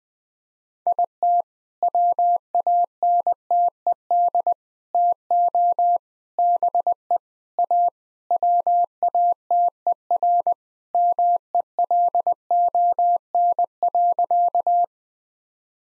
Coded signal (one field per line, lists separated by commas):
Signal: Morse code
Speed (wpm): 21 wpm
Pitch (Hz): 700 Hz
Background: none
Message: IT WANTED TO BE A WATER MELON.